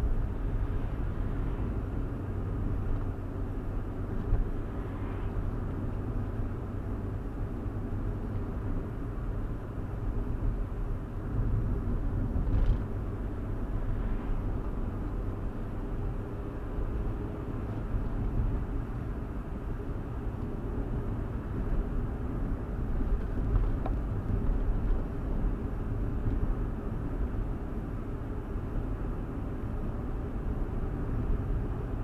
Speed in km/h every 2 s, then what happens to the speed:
55, 55, 55, 56, 55, 56, 56, 58, 61, 60, 56, 58, 58, 58, 56, 58.
0-32 steady at about 56.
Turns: none.